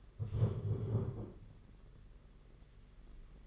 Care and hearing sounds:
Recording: daily activity, microphone in the room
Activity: stand up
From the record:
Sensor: 4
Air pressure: 992.5 hPa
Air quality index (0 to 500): 121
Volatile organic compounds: 31 ppm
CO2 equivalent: 2971 ppm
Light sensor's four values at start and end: 20/72/26/28 and 20/72/26/28

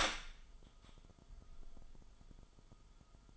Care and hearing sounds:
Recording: daily activity, microphone in the room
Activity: open door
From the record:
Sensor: 5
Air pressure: 1005.1 hPa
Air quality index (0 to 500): 91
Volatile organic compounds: 2 ppm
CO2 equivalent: 1099 ppm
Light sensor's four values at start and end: 35/81/33/31 and 35/81/32/31

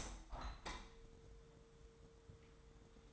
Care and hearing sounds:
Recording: daily activity, microphone in the room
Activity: open window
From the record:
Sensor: 3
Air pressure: 999.7 hPa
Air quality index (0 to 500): 217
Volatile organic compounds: 76 ppm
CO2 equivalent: 3570 ppm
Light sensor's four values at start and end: 9/22/9/8 and 10/22/9/9

